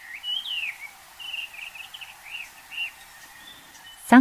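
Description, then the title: Japanese paradise flycatcher song: a rising then falling whistle followed by a run of short wavering notes and a few separate slurred whistles, with a sharp click at the end. Mount Takao, Tokyo, Japan. "高尾山（東京）のサンコウチョウ"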